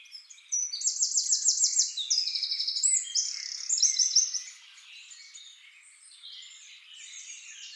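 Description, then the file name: Eurasian wren pouring out a shrill, fast series of trills for about four seconds, then softer background chirping. "Troglodytes troglodytes"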